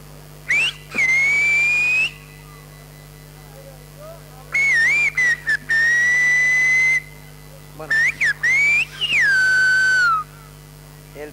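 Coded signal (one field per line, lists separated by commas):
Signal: whistled language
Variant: Silbo Gomero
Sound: three bursts of loud gliding whistles, rising and falling, with pauses between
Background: low hum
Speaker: parque garcía sanabria pendiente del silbo de rogelio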